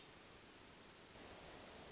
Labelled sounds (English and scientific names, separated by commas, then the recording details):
Hermit Thrush (Catharus guttatus)
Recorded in Sonoma County, California